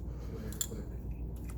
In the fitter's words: yeah a nice click